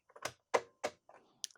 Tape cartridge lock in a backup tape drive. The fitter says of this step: And then that is actually this thing letting go of its lock and I can pull it out.